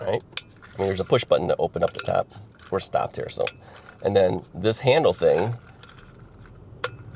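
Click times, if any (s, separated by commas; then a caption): 6.8 s. Someone talks while the fold-over carry handle on an Owala water bottle lid is swung into position. It locks in place with a sharp click at 6.8 s, so it cannot come out, and a few faint clicks follow.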